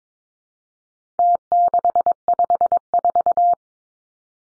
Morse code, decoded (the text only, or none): T654